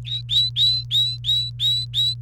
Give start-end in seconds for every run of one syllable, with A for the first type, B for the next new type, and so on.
0.05-2.14 A